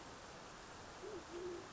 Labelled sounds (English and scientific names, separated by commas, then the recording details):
Band-tailed Pigeon (Patagioenas fasciata)
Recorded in Sonoma County, California